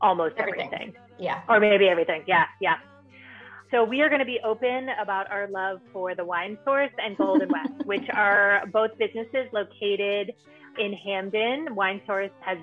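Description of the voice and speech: An adult woman's voice at a moderate pitch speaks fluently in a small room, moving from brief agreeing remarks to a longer stretch of connected speech. Rhythm and articulation are smooth, with natural pauses and no repetitions or blocks: typical adult speech.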